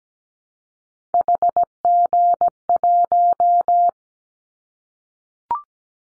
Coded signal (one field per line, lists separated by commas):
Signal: Morse code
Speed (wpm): 17 wpm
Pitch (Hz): 700 Hz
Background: none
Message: HG1